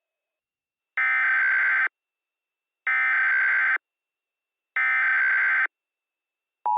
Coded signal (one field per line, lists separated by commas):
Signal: Emergency Alert System (SAME) tones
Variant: header bursts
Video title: EAS Mini Mock #3: The Virus of all Viruses.